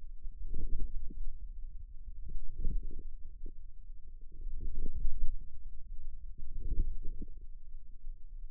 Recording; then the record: forearm muscle sounds (acoustic myography)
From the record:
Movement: hand closing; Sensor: system 2, bracelet of six BSWA MPA416 microphones around the upper forearm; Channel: 2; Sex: female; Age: 22 years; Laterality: right